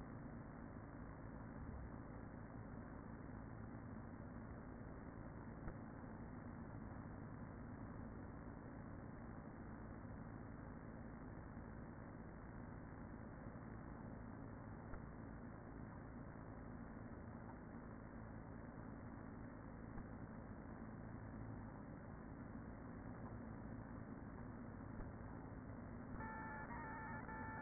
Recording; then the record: honeybee colony, microphone inside the hive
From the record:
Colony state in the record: queen present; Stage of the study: after two queens were removed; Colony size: about 40,000 bees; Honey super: no